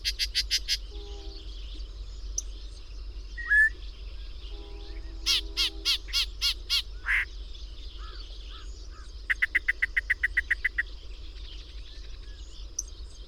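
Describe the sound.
Birdsong: a rapid series of notes opens, a run of loud, harsh notes follows midway, then a fast, even trill of short notes, with a steady high hum.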